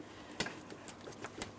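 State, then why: Seated. A lower refrigerant line on a 2008-2016 Chrysler Town & Country is lined up with the lower port of a new AC condenser and pressed straight in. A few soft ticks and knocks come before the locking clip snaps around the line with a sharp click at 1.4 s. The quick-connect is seated, and the line holds when tugged.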